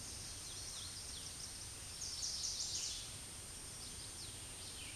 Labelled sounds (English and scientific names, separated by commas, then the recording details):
Chestnut-sided Warbler (Setophaga pensylvanica) song
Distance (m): 35 m
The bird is about 5 m above the microphone
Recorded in a Pennsylvania forest on 16 May 2024 at 08:19
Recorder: AudioMoth, point MSD-2083
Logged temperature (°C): 16.7 °C
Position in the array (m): 109 m, 6 m